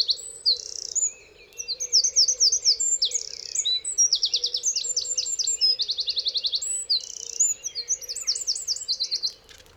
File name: ökörszem-hangja